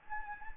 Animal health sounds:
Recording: mosquito wingbeat signal from an infrared sensor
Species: Anopheles gambiae

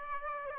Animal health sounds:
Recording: mosquito wingbeat signal from an infrared sensor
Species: Aedes aegypti

